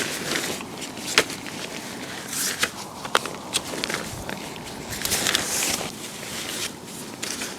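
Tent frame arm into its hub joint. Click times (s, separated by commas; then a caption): 3.2 s, 5.4 s. Frame arms of a Prologic Selecta 2 Man Bivvy are pushed into their hub joints, first on the opposite side and then in the middle, with sharp clicks at 3.2 s and 5.4 s among other rustling knocks and scuffs. Someone talks, and the arms are confirmed locked, all clicked into place.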